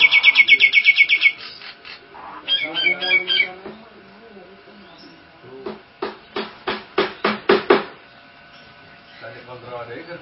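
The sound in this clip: Nias hill myna song: a rapid run of bright repeated notes, then squawky phrases and a burst of loud clipped pulsing notes, with quieter mumbling between.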